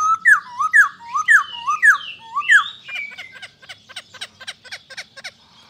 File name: Pterorhinus chinensis